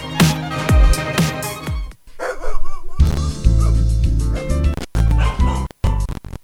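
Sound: dog barking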